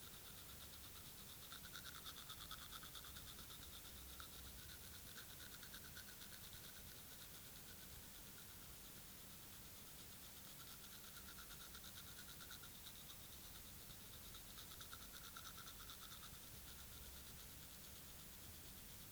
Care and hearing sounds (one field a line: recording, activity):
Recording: daily activity, guitar pickup as the sensor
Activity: brush teeth